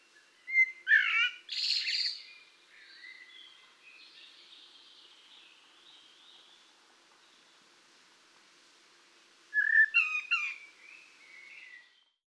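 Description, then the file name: Common blackbird song: two short phrases, each mixing low fluted whistles with thin, squeaky high notes, separated by about seven seconds of quiet. "Turdus merula"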